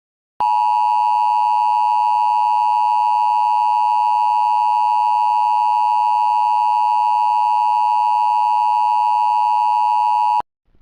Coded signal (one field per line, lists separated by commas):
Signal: Emergency Alert System (SAME) tones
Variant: 853 and 960 Hz attention tone